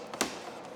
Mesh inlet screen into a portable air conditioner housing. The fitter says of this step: it right there, it locks in place.